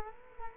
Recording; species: mosquito wingbeat signal from an infrared sensor; Culex quinquefasciatus